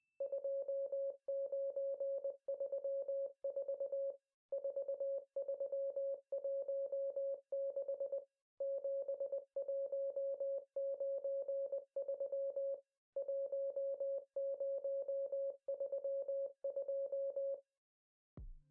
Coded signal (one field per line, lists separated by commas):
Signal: Morse code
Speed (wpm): 20 wpm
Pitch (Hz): 550 Hz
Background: music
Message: 2934 4316 7193 1032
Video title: 【ENG·Language Lab】How to Send Chinese Telegram | The Chinese Telegraph Code History| 四码电报